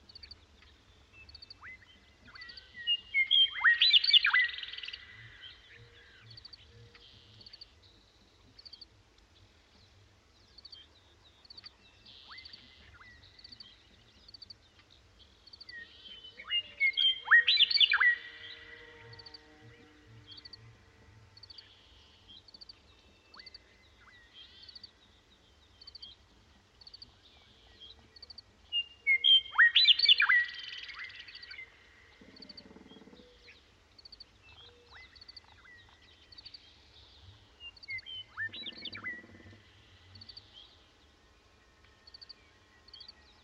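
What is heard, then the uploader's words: Birdsong at Pipestone Canyon in Eastern Washington: bright chirping phrases burst out around 4, 17 and 30 seconds, with quieter calls scattered between. A thin, steady high tick repeats throughout, over a low rumbling murmur underneath. This week’s episode of Sound Escapes takes us to Pipestone Canyon in Eastern Washington, where you can hear a ridgetop wind come from a mile away.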